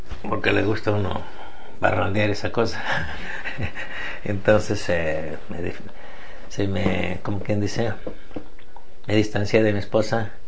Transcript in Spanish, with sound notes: Porque le gusta a uno parrandear y esa cosa. (risas) Entonces se me de… Se me, como quien dice, me distancié de mi esposa